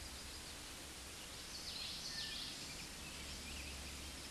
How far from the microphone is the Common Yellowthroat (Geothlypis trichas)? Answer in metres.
about 30 m